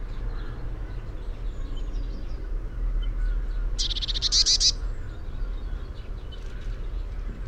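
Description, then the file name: Eurasian blue tit uttering a single brief buzzy churr midway through, against continuous low-pitched background noise. "Cyanistes caeruleus"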